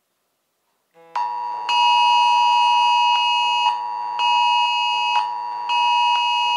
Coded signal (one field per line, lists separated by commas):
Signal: Emergency Alert System (SAME) tones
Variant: 853 and 960 Hz attention tone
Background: music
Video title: UK Emergency Alert System National Test, 7 September 2025